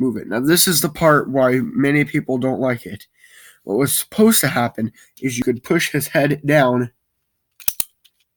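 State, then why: Not seated. Someone talks while pushing the plastic head of a 30th anniversary Blitzwing transforming robot toy down into its torso during transformation. It is meant to lock in place but won't. A few brief, sharp knocks come near the end, around 7.7 and 7.8 s, but nothing has seated or clicked yet and the head does not catch.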